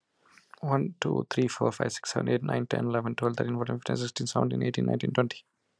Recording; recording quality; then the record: counting at a normal pace; excellent, no background noise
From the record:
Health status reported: healthy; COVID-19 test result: not tested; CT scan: not taken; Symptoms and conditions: none ticked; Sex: male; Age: 42 years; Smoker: no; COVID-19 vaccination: one dose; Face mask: not worn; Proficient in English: yes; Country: India